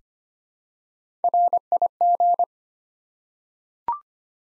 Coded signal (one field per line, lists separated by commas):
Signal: Morse code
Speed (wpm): 25 wpm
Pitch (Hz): 700 Hz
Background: none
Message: RIG